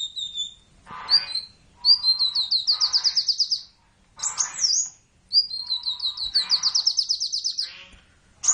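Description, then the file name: Sunbird giving high, thin whistles and long bright trills of rapidly repeated notes that swell and fade, with short chirps between phrases. "suara burung kolibri convert by om kicau"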